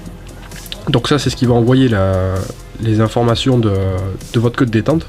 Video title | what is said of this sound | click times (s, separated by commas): Review #2 : Pack Wolverine HPA HK416 custom par Airsoft Land | Vous branchez comme ça, donc voilà, quand on entend clic c'est bon. | 0.7 s